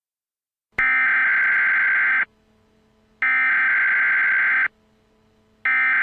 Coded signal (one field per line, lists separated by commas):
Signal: Emergency Alert System (SAME) tones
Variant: header bursts